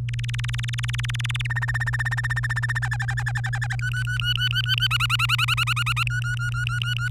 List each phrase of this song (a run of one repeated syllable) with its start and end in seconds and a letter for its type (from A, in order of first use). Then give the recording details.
0.08-1.47 A, 1.50-2.79 B, 2.82-3.76 C, 3.79-4.87 D, 4.91-6.03 E, 6.07-7.09 D. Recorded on 24 April 2018 at 11:40. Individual llb3